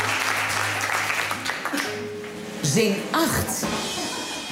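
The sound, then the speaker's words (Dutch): A studio audience on the NPO Radio 1 show De Taalstaat applauds for Wim Daniels with a steady, dense patter of clapping that keeps going throughout, while a man's voice speaks briefly over it near the end. “Applaus nog een keer voor Wim Daniels.”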